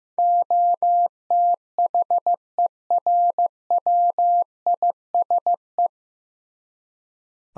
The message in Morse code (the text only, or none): OTHERWISE